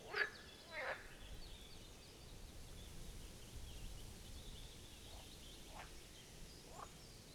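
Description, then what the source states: Marsh frog: two loud rattling croaks at the start, then a few fainter croaks against steady background noise. Chorus of marsh frogs at the Birkensee, Schönbuch, Germany, on one of the first proper hot summer days of 2023.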